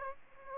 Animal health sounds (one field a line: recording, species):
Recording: mosquito wingbeat signal from an infrared sensor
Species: Aedes aegypti